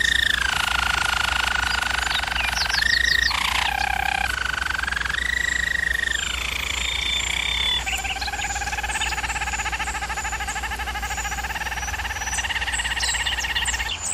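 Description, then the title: German Roller canary song with varied rolling trills, short rising whistles, and a long, lower trill in the second half; continuous low hum. German Roller canary singing, for canary training. "German Roller Canary Singing - Canary Training Vid"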